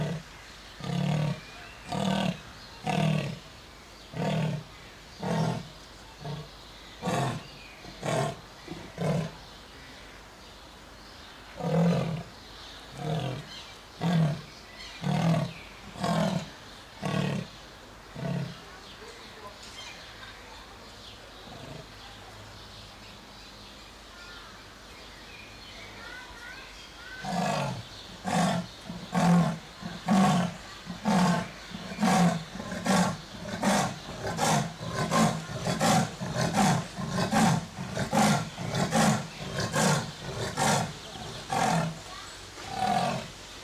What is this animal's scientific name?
Panthera pardus